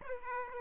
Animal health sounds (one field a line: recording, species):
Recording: mosquito wingbeat signal from an infrared sensor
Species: Aedes aegypti